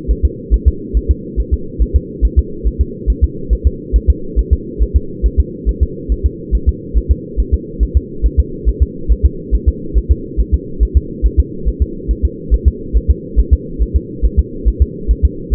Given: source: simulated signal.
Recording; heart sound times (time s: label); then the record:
fetal heart sounds
0.11 s: S1
0.25 s: S2
0.54 s: S1
0.68 s: S2
0.97 s: S1
1.11 s: S2
1.40 s: S1
1.53 s: S2
1.82 s: S1
1.96 s: S2
2.25 s: S1
2.39 s: S2
2.67 s: S1
2.81 s: S2
3.10 s: S1
3.24 s: S2
3.53 s: S1
3.67 s: S2
3.96 s: S1
4.10 s: S2
4.39 s: S1
4.53 s: S2
4.82 s: S1
4.96 s: S2
5.26 s: S1
5.40 s: S2
5.69 s: S1
5.83 s: S2
6.12 s: S1
6.26 s: S2
6.55 s: S1
6.69 s: S2
6.97 s: S1
7.11 s: S2
7.40 s: S1
7.54 s: S2
7.83 s: S1
7.97 s: S2
8.26 s: S1
8.39 s: S2
8.69 s: S1
8.82 s: S2
9.12 s: S1
9.25 s: S2
9.55 s: S1
9.69 s: S2
9.97 s: S1
10.11 s: S2
10.40 s: S1
10.54 s: S2
10.83 s: S1
10.97 s: S2
11.26 s: S1
11.40 s: S2
11.68 s: S1
11.82 s: S2
12.11 s: S1
12.25 s: S2
12.54 s: S1
12.68 s: S2
12.97 s: S1
13.10 s: S2
13.39 s: S1
13.53 s: S2
13.82 s: S1
13.96 s: S2
14.25 s: S1
14.39 s: S2
14.68 s: S1
14.82 s: S2
15.11 s: S1
15.25 s: S2
15.54 s: S1
From the record:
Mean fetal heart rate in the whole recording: 140 bpm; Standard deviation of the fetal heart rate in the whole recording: 2 bpm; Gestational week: 34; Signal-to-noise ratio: -4.3 dB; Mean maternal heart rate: 72 bpm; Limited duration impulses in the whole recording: absent